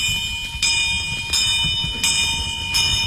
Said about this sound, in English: When the alarms broke out, Dickens and Fosterbridge were in a police van halfway to the Seven Dials.